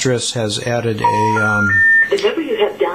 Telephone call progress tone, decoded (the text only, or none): special information tone